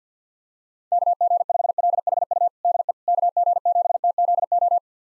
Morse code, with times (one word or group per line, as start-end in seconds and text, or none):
0.9-2.5 KG5LHU
2.6-2.9 DE
3.1-4.8 KG7TZO